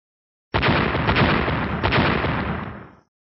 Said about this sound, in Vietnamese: Trong thế giới Tang Tương vang vọng ba tiếng nổ, khoảnh khắc thanh âm xuất hiện, trong tam hoàng đại giới nổi gió.